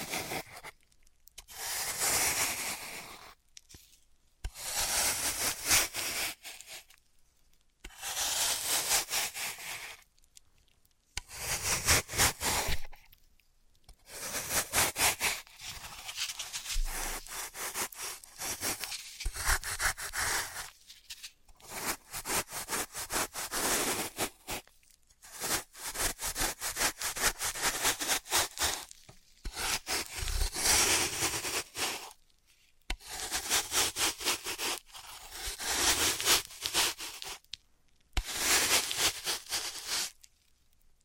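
Floral foam is cut and crushed in a series of bursts, each lasting a few seconds and separated by short silences. The sounds are dry, bright scraping and crumbling textures with fine crackly detail, some bursts denser and more continuous than others.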